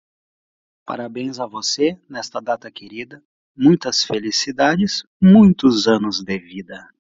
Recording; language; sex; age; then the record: short text; Brazilian Portuguese; male; 30 to 39 years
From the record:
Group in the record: control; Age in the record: 39 years